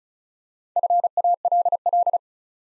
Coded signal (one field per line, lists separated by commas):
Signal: Morse code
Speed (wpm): 35 wpm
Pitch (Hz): 700 Hz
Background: none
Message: FALL